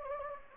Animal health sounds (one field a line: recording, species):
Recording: mosquito wingbeat signal from an infrared sensor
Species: Anopheles gambiae